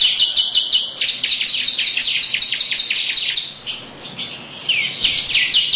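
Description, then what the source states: Lovebird rapid harsh chirping for several seconds, fading to a gap, then bursting back into loud chatter at the end. Long "ngekek panjang" song.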